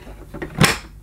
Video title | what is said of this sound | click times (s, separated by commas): Hoover Professional Dual Purpose Vacuum Cleaner Unboxing & Demo | it clicks into position well | 0.6 s